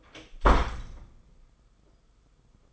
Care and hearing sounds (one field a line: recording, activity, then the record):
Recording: daily activity, microphone in the room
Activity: close door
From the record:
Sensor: 5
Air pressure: 990.7 hPa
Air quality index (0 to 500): 154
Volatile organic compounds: 191 ppm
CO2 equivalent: 4182 ppm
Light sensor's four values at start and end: 26/62/26/28 and 26/61/25/28